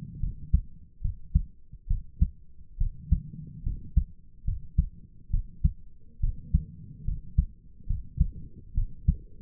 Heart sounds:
heart sounds by stethoscope; 70 bpm
0.20 s: heartbeat
1.01 s: heartbeat
1.87 s: heartbeat
2.77 s: heartbeat
3.63 s: heartbeat
4.44 s: heartbeat
5.30 s: heartbeat
6.20 s: heartbeat
7.04 s: heartbeat
7.86 s: heartbeat
8.74 s: heartbeat
From the record:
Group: healthy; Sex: female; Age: 22 years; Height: 154 cm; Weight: 58.7 kg

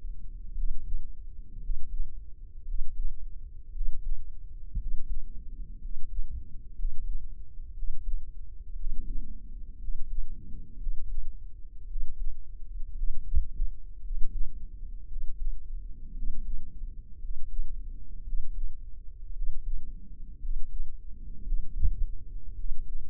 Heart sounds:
heart sounds by microphone in the right ear; 57 bpm
0.52 s: heartbeat
1.57 s: heartbeat
2.62 s: heartbeat
3.69 s: heartbeat
4.74 s: heartbeat
5.77 s: heartbeat
6.72 s: heartbeat
7.71 s: heartbeat
8.73 s: heartbeat
9.76 s: heartbeat
10.74 s: heartbeat
11.84 s: heartbeat
12.91 s: heartbeat
13.98 s: heartbeat
15.04 s: heartbeat
16.11 s: heartbeat
17.16 s: heartbeat
18.20 s: heartbeat
19.30 s: heartbeat
20.37 s: heartbeat
21.40 s: heartbeat
22.52 s: heartbeat
From the record:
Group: healthy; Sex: male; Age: 23 years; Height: 178 cm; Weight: 96.6 kg

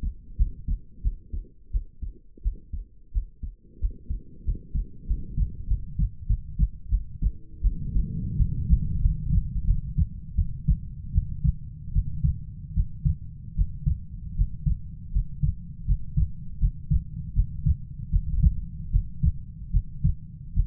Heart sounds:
heart sounds by stethoscope; 83 bpm
0.37 s: heartbeat
1.02 s: heartbeat
1.71 s: heartbeat
2.42 s: heartbeat
3.12 s: heartbeat
3.79 s: heartbeat
4.44 s: heartbeat
5.06 s: heartbeat
5.67 s: heartbeat
6.27 s: heartbeat
6.89 s: heartbeat
7.61 s: heartbeat
8.36 s: heartbeat
9.00 s: heartbeat
9.65 s: heartbeat
10.35 s: heartbeat
11.12 s: heartbeat
11.92 s: heartbeat
12.74 s: heartbeat
13.55 s: heartbeat
14.35 s: heartbeat
15.11 s: heartbeat
15.85 s: heartbeat
16.58 s: heartbeat
17.33 s: heartbeat
18.10 s: heartbeat
18.90 s: heartbeat
19.71 s: heartbeat
20.54 s: heartbeat
From the record:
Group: healthy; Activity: Valsalva maneuver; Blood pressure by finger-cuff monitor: 84/64 mmHg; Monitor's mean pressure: 71 mmHg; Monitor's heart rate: 83 bpm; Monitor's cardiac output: 6.5 L/min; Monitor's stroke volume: 72 mL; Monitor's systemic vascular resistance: 830 dyn s/cm5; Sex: female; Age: 19 years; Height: 163 cm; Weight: 48.9 kg

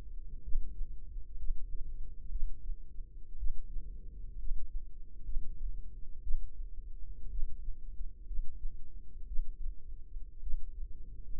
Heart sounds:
heart sounds by microphone in the left ear; 60 bpm
0.43 s: heartbeat
1.38 s: heartbeat
2.31 s: heartbeat
3.38 s: heartbeat
4.39 s: heartbeat
5.24 s: heartbeat
6.22 s: heartbeat
7.30 s: heartbeat
8.26 s: heartbeat
9.27 s: heartbeat
10.42 s: heartbeat
From the record:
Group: healthy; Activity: rest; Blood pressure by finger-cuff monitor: 91/59 mmHg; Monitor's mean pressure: 69 mmHg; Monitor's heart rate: 60 bpm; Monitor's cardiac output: 4.8 L/min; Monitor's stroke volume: 78 mL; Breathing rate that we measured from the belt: 18 breaths a minute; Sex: female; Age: 36 years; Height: 163 cm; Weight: 88 kg

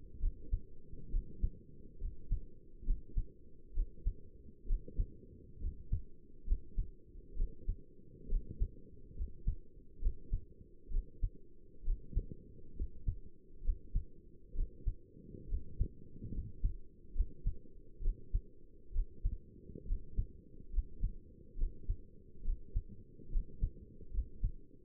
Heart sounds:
heart sounds by stethoscope; 68 bpm
0.21 s: heartbeat
1.12 s: heartbeat
2.00 s: heartbeat
2.86 s: heartbeat
3.75 s: heartbeat
4.68 s: heartbeat
5.61 s: heartbeat
6.47 s: heartbeat
7.37 s: heartbeat
8.30 s: heartbeat
9.17 s: heartbeat
10.02 s: heartbeat
10.92 s: heartbeat
11.85 s: heartbeat
12.77 s: heartbeat
13.64 s: heartbeat
14.56 s: heartbeat
15.49 s: heartbeat
16.33 s: heartbeat
17.15 s: heartbeat
18.03 s: heartbeat
18.94 s: heartbeat
19.87 s: heartbeat
20.73 s: heartbeat
21.58 s: heartbeat
22.45 s: heartbeat
23.32 s: heartbeat
24.13 s: heartbeat
From the record:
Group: healthy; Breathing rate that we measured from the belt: 16 breaths a minute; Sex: male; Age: 22 years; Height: 181 cm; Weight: 79 kg

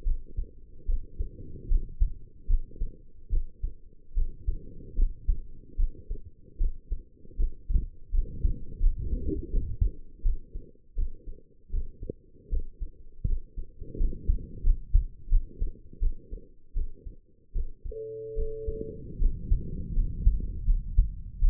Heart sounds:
heart sounds by stethoscope; 79 bpm
0.04 s: heartbeat
0.86 s: heartbeat
1.68 s: heartbeat
2.47 s: heartbeat
3.30 s: heartbeat
4.14 s: heartbeat
4.96 s: heartbeat
5.76 s: heartbeat
6.57 s: heartbeat
7.36 s: heartbeat
8.11 s: heartbeat
8.79 s: heartbeat
9.50 s: heartbeat
10.22 s: heartbeat
10.95 s: heartbeat
11.70 s: heartbeat
12.49 s: heartbeat
13.25 s: heartbeat
13.97 s: heartbeat
14.63 s: heartbeat
15.29 s: heartbeat
15.99 s: heartbeat
16.73 s: heartbeat
17.52 s: heartbeat
18.34 s: heartbeat
19.18 s: heartbeat
19.93 s: heartbeat
20.65 s: heartbeat
21.39 s: heartbeat
From the record:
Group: healthy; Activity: rest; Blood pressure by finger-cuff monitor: 110/71 mmHg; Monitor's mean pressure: 82 mmHg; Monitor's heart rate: 75 bpm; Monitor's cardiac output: 5.8 L/min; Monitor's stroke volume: 76 mL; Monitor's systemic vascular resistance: 1040 dyn s/cm5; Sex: female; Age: 22 years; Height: 160 cm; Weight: 45 kg

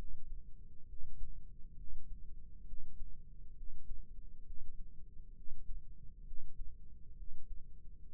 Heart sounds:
heart sounds by microphone in the left ear; 67 bpm
0.86 s: heartbeat
1.75 s: heartbeat
2.65 s: heartbeat
3.54 s: heartbeat
4.43 s: heartbeat
5.33 s: heartbeat
6.24 s: heartbeat
7.15 s: heartbeat
8.06 s: heartbeat
From the record:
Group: healthy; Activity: Valsalva maneuver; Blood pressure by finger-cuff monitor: 143/68 mmHg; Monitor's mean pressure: 88 mmHg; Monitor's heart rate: 67 bpm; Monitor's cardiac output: 5.6 L/min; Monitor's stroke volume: 84 mL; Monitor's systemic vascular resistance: 1120 dyn s/cm5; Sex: female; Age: 37 years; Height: 168 cm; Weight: 70 kg

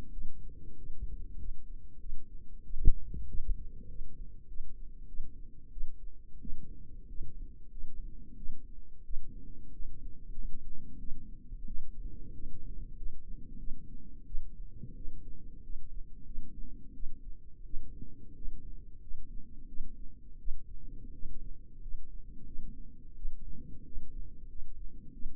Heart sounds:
heart sounds by microphone in the left ear; 91 bpm
0.12 s: heartbeat
0.78 s: heartbeat
1.39 s: heartbeat
2.00 s: heartbeat
2.64 s: heartbeat
3.28 s: heartbeat
3.89 s: heartbeat
4.48 s: heartbeat
5.08 s: heartbeat
5.71 s: heartbeat
6.41 s: heartbeat
7.08 s: heartbeat
7.71 s: heartbeat
8.37 s: heartbeat
9.04 s: heartbeat
9.73 s: heartbeat
10.36 s: heartbeat
10.99 s: heartbeat
11.66 s: heartbeat
12.34 s: heartbeat
12.96 s: heartbeat
13.59 s: heartbeat
14.26 s: heartbeat
14.96 s: heartbeat
15.63 s: heartbeat
16.26 s: heartbeat
16.94 s: heartbeat
17.65 s: heartbeat
18.35 s: heartbeat
19.02 s: heartbeat
19.68 s: heartbeat
20.39 s: heartbeat
21.13 s: heartbeat
21.82 s: heartbeat
22.46 s: heartbeat
23.16 s: heartbeat
23.85 s: heartbeat
24.49 s: heartbeat
25.13 s: heartbeat
From the record:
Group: healthy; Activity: rest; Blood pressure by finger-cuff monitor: 124/80 mmHg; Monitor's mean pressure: 91 mmHg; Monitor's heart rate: 93 bpm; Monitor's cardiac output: 7 L/min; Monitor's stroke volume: 77 mL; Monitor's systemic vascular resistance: 960 dyn s/cm5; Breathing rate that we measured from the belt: 21 breaths a minute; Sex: female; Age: 22 years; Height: 163 cm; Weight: 67.1 kg

